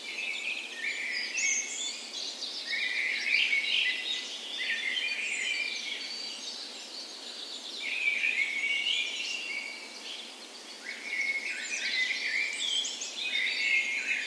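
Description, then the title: Birds in full chorus, continuous bright twittering and warbled phrases overlapping, with occasional thin very high notes above the mass of song. Dawn chorus on the morning of 17 May, Norway's National Day, in spring, in a park west in Bergen, Norway; recorded with Sony PCM A10 and LOM Usi microphones as tree ears. "17th Of May Dawn Chorus"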